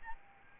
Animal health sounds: mosquito wingbeat signal from an infrared sensor; Aedes albopictus

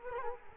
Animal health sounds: mosquito wingbeat signal from an infrared sensor; Culex quinquefasciatus

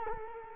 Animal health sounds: mosquito wingbeat signal from an infrared sensor; Culex quinquefasciatus

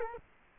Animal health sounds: mosquito wingbeat signal from an infrared sensor; Culex quinquefasciatus

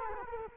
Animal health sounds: mosquito wingbeat signal from an infrared sensor; Culex quinquefasciatus

